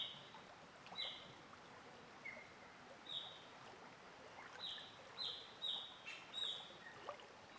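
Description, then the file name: Bird song of short, bright whistled notes, some high and some lower, given in scattered bursts over a steady rushing of flowing water. Singing in a forest near a stream. "Passaro cantando na floresta riacho perto"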